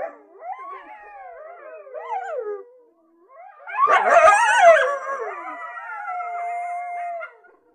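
Coyote howls and yips: wavering, sliding tones that rise and fall, a quieter opening phrase, then a louder burst of overlapping yelps settling into a long held howl.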